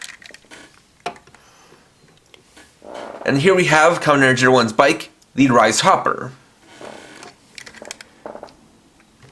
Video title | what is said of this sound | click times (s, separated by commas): DX Hiden RisePhone Review (Kamen Rider Zero-One) | we're going to reach in back here and pull out the rear wheel until locks in place | 1.1 s